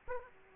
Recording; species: mosquito wingbeat signal from an infrared sensor; Aedes aegypti